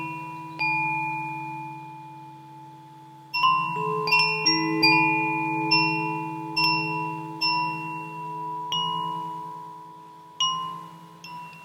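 A wind chime (fūrin) rings with bright, clear strikes whose tones hang and slowly fade. After one early ding and a quiet stretch, strikes come in clusters from about three seconds onward, several overlapping near four to five seconds, with a low steady hum underneath throughout.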